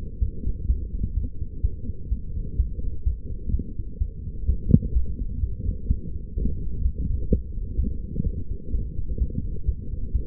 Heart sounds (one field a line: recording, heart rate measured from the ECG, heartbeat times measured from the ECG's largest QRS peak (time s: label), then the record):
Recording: heart sounds by stethoscope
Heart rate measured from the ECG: 127 bpm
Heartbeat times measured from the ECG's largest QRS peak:
0.20 s: heartbeat
0.67 s: heartbeat
1.15 s: heartbeat
1.62 s: heartbeat
2.09 s: heartbeat
2.57 s: heartbeat
3.04 s: heartbeat
3.52 s: heartbeat
3.99 s: heartbeat
4.47 s: heartbeat
4.94 s: heartbeat
5.41 s: heartbeat
5.88 s: heartbeat
6.35 s: heartbeat
6.82 s: heartbeat
7.29 s: heartbeat
7.77 s: heartbeat
8.24 s: heartbeat
8.72 s: heartbeat
9.19 s: heartbeat
9.66 s: heartbeat
10.13 s: heartbeat
From the record:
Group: healthy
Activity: light exercise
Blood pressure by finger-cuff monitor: 138/88 mmHg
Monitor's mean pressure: 105 mmHg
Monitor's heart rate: 127 bpm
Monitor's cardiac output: 9.4 L/min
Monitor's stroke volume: 74 mL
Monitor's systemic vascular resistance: 820 dyn s/cm5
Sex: female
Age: 22 years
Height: 161 cm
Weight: 65.5 kg